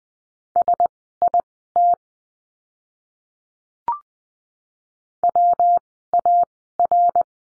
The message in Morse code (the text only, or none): SIT WAR